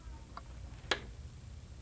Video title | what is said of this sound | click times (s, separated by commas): The Brother Overlock Sewing Machine [1994, VHS] | and rolling the wheel up until it clicks. | 0.9 s